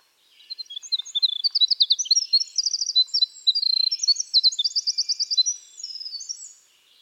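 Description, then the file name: Winter wren song: a long, rapid cascade of high tinkling notes and fast trills, running for about six seconds. "Troglodytes hiemalis - Winter Wren"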